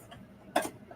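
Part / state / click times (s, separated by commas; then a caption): snap-in part (likely presser foot) into its holder on a sewing machine / seated / 0.6 s. After a small clip is lifted and a lever lowered, a snap-in part, possibly the presser foot or an attachment, is pushed into its holder on a Singer Sew Mate 5400 sewing machine. A sharp click sounds at 0.6 s, followed by a faint tick at 0.9 s. The part is seated fully in its holder.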